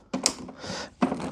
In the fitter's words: and that means it's locked on. When it clicks and that blue tab snaps to the right.